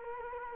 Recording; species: mosquito wingbeat signal from an infrared sensor; Culex quinquefasciatus